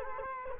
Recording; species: mosquito wingbeat signal from an infrared sensor; Culex quinquefasciatus